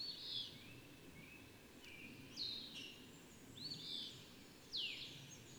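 Bird calling, a few separate notes, some arching and some sliding down, spaced irregularly over constant low background noise.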